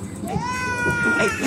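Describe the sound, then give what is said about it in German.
A baby cries in one sustained, high-pitched wail that rises, holds steady and then breaks into a shakier, fretful end, loud over a low murmur of background noise. “Nicht weinen.”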